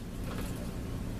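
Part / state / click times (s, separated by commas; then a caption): SCBA regulator into facepiece / not seated / none. A firefighter handles a breathing-air regulator, red side up, against the facepiece port of an SCBA mask. Only steady broadband noise with a low hum is heard, with no sharp transients. Nothing has seated or clicked yet.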